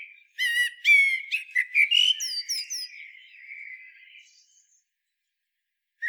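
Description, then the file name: Common blackbird song: a run of rich whistled notes and thin high notes, then a soft warble fading out. "Turdus merula"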